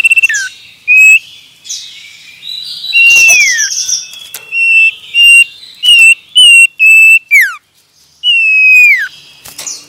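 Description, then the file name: Common iora song: sustained pure whistles and downslurred notes in bursts, with many other birds chattering and chirping behind. Male. "suara burung cipoh jantan"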